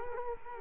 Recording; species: mosquito wingbeat signal from an infrared sensor; Culex quinquefasciatus